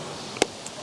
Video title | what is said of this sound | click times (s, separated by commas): Landscape Photography - Impose your Vision and Dominate the Landscape! - FujiGFX & Laowa 17mm Magic! | click on in with a satisfying little click that's | 0.4 s